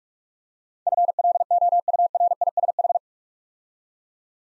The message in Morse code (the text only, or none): FLOURISH